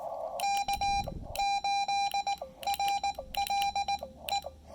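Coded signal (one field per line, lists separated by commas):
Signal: Morse code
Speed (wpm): 18 wpm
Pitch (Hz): 800 Hz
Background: none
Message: K8RLE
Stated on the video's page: POTA activation at Lake Norman using a Xiegu X5105 running on its internal battery.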